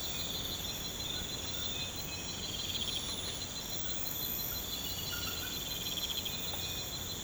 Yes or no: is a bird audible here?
no